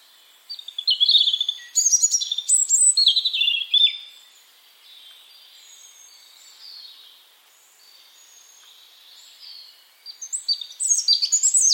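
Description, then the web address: European robin song, a cascade of high sliding notes and rapid trills, a long quiet pause, then another bright phrase. "Deverinetal 2025 File origin Bird Only Er Ru"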